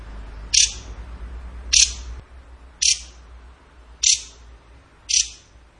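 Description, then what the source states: Bird giving five sharp, bright, short notes, evenly spaced, each with a quick fading tail, over a low steady hum. Masteran training recording for birds, in the tembakan gacor style.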